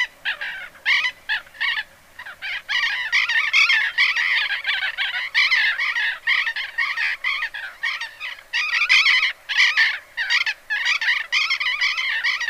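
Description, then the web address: Burrowing parrot harsh screeching calls, rapid bursts of grating, harmonic squawks repeated almost continuously with brief gaps. "cyanoliseus patagonus"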